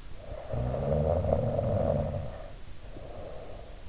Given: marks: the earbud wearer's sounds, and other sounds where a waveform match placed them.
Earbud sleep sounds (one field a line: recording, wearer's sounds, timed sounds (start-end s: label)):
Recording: sounds in sleep by an in-ear microphone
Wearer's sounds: snoring breath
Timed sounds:
0.06-3.89 s: snoring breath